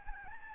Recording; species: mosquito wingbeat signal from an infrared sensor; Aedes albopictus